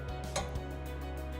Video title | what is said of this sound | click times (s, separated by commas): HOW TO - SUBURBAN WATER HEATER | and what will happen is you'll hear the torque wrench click | 0.4 s